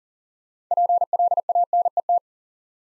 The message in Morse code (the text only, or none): PLANET